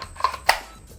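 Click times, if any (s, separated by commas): 0.5 s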